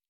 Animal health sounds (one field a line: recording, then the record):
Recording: hydrophone in a shrimp aquaculture tank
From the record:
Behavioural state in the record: normal